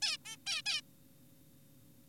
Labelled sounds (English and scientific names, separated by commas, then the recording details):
Zebra Finch (Taeniopygia guttata)
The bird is an adult
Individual g4p5U